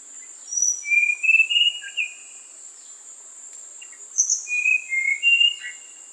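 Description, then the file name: Tanahjampea blue flycatcher singing two brief clusters of clear, wavering whistles separated by a pause, with a constant shrill insect hum behind. "sikatan tanahjampea"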